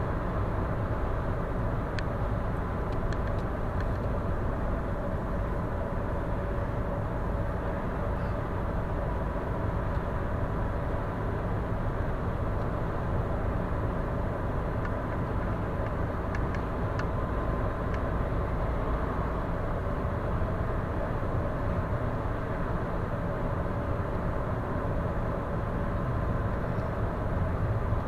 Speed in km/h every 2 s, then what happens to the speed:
99, 96, 93, 92, 92, 92, 96, 97, 98, 99, 101, 101, 100, 100.
0-11 slows to 92. 11-19 speeds up to 101. 19-28 steady at about 100.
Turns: none.